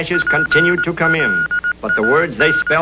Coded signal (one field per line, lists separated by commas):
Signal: Morse code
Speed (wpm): 18 wpm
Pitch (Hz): 1440 Hz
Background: speech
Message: PLAN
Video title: MGM film about Ham Radio (Vintage movie)